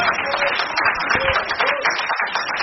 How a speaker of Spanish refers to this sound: Si usted puede aplaudir, hágalo, y si no, hágase loco en esta noche.